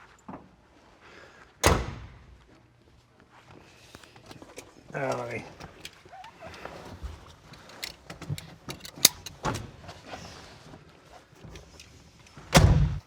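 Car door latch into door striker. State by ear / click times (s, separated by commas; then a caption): seated / 9.0 s. Someone talks as the steel door of a 1965 muscle car, a Pontiac GTO Royal Bobcat, is closed and its latch catches in the door striker with a solid clunk at 9.1 seconds. A second clunk follows as the latch's second stage engages, and the door is seated shut.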